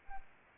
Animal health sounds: mosquito wingbeat signal from an infrared sensor; Anopheles arabiensis

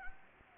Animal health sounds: mosquito wingbeat signal from an infrared sensor; Anopheles gambiae

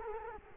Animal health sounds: mosquito wingbeat signal from an infrared sensor; Culex quinquefasciatus

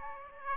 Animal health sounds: mosquito wingbeat signal from an infrared sensor; Aedes aegypti

